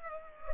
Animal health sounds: mosquito wingbeat signal from an infrared sensor; Culex pipiens

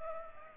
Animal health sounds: mosquito wingbeat signal from an infrared sensor; Culex pipiens

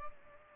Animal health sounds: mosquito wingbeat signal from an infrared sensor; Culex pipiens

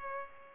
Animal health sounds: mosquito wingbeat signal from an infrared sensor; Culex pipiens

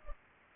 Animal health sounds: mosquito wingbeat signal from an infrared sensor; Culex pipiens

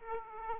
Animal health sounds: mosquito wingbeat signal from an infrared sensor; Aedes aegypti

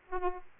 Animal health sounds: mosquito wingbeat signal from an infrared sensor; Aedes aegypti

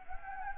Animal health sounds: mosquito wingbeat signal from an infrared sensor; Anopheles gambiae

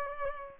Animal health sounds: mosquito wingbeat signal from an infrared sensor; Culex pipiens

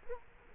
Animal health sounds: mosquito wingbeat signal from an infrared sensor; Culex quinquefasciatus

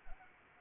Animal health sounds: mosquito wingbeat signal from an infrared sensor; Anopheles arabiensis

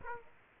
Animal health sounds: mosquito wingbeat signal from an infrared sensor; Aedes aegypti

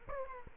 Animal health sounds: mosquito wingbeat signal from an infrared sensor; Aedes aegypti

